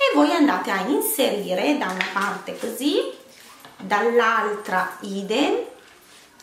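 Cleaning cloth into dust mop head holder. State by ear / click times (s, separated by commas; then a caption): not seated / none. A cleaning cloth is fitted into both sides of a plastic dust mop head holder while someone talks throughout. The cloth is handled and worked into place, but nothing has seated or clicked yet.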